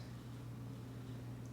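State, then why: Not seated. A plastic accessory is pressed into an action figure to snap it in place, but no click is heard, only a steady low hum with faint background noise. Nothing has seated or clicked, and the accessory does not stay snapped in.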